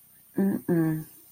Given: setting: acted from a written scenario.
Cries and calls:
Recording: vocal sound without words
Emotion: fear

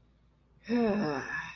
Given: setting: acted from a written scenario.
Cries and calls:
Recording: vocal sound without words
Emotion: ecstasy

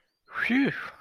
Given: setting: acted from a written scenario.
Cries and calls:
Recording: vocal sound without words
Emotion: relief

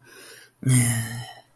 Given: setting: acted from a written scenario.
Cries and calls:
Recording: vocal sound without words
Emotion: embarrassment

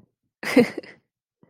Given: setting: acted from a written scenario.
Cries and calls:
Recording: vocal sound without words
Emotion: amusement

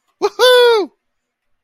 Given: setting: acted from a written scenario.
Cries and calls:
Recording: vocal sound without words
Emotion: triumph

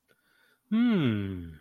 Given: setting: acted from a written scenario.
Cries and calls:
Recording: vocal sound without words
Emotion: contentment

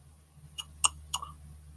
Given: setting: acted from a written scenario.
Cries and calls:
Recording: vocal sound without words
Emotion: disappointment

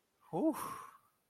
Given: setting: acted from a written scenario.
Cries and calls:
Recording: vocal sound without words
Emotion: ecstasy

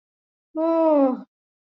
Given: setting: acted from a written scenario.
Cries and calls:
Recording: vocal sound without words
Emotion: relief

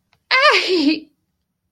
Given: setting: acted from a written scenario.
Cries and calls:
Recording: vocal sound without words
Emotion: elation

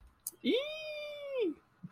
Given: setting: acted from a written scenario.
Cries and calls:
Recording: vocal sound without words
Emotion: elation

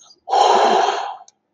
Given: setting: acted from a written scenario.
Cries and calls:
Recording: vocal sound without words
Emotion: elation

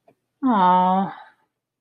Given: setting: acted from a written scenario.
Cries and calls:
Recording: vocal sound without words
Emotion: disappointment

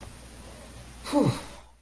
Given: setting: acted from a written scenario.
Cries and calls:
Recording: vocal sound without words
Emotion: relief

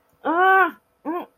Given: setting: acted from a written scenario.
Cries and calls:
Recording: vocal sound without words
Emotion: pain

